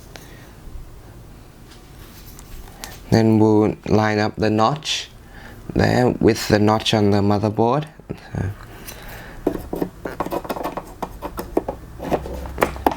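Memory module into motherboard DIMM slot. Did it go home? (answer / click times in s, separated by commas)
yes / 12.6 s, 12.9 s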